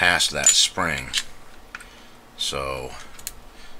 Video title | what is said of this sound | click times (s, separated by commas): M&P 9 Disassembly | you just move it down about like this. Hear that spring click, | 3.3 s